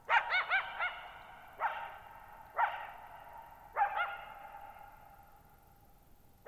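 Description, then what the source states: Coyote yipping in quick wavering bursts, then several single barks, each ringing on in a long echo over a faint background hiss. Lone coyote vocalizing at night, July 14, 2019, Thirtymile Meadows, Okanogan National Forest (Okanogan High Country), Pacific Northwest, 6400 ft (1950 m); high dry plateau, shallow-bowl meadow with long reverberation.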